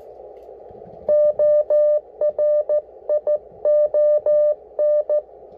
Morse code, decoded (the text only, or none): ORION